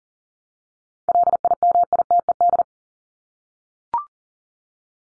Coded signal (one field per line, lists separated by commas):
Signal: Morse code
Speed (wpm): 40 wpm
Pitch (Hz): 700 Hz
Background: none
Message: LIMITED